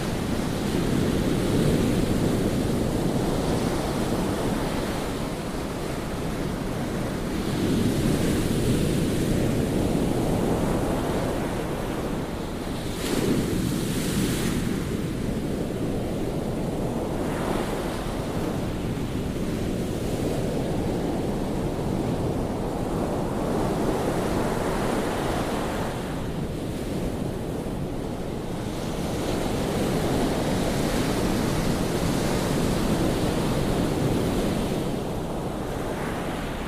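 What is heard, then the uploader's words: Ocean waves roll in a steady, dense wash of low rumbling surf, swelling and receding every several seconds with brighter hissing crests around 13, 17 and 26 seconds. Wind buffets the microphone underneath, and the sound stays close and continuous throughout. White Noise Ocean Waves Sounds.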